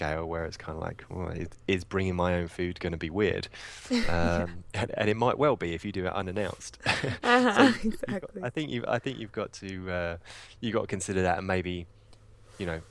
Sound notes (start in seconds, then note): 4.0 laugh; 6.8 laugh